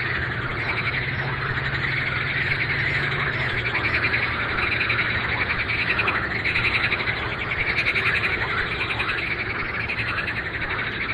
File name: Pelophylax ridibundus